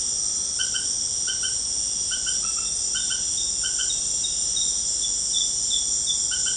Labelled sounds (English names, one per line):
none